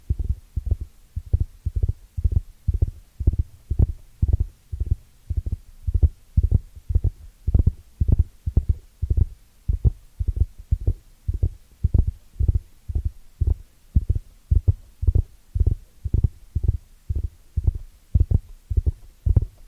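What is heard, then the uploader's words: Ear cleaning sounds made right against the microphone: soft, muffled thumps repeating steadily about twice a second for the whole stretch. Each pulse is deep and cushioned with a slight crackly edge, like pressing or rubbing over the ear, over near silence. Ear Cleaning Triggers.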